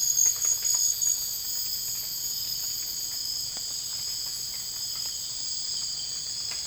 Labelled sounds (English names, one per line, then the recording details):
none
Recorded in dense forest near Puerto Asís, Putumayo, Colombia, on 20 December 2024 at 01:30
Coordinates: 0.484, -76.325
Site G056